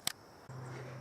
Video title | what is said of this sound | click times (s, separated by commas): 2014 Toyota Seinna XLE Review | it'll fall right into place and lock in for traveling onto the road and | 0.1 s